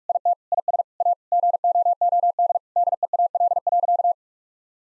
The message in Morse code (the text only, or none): IT IS A GOOD DEAL.